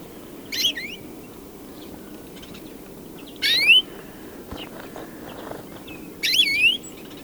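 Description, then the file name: European greenfinch repeating a rising, wheezy upslurred call three times, roughly every three seconds, against a soft constant background hiss. "Chloris chloris"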